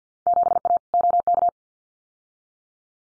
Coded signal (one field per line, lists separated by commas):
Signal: Morse code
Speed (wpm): 50 wpm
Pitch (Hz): 700 Hz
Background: none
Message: 7A OK